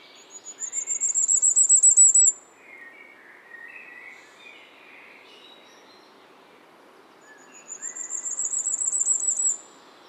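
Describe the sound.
Firecrest singing twice, each a high, needle-thin run of quick notes building in volume for about two seconds, with soft warbling from other birds between the songs.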